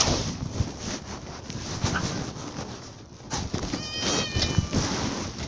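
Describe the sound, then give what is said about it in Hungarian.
A cat lets out a drawn-out, high-pitched meow against a constant rustling, wind-like noise, with no one speaking. “A cica nem akar megbocsátani.”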